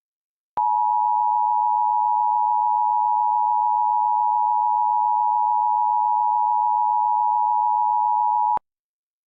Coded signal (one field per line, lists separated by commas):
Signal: Emergency Alert System (SAME) tones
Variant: 853 and 960 Hz attention tone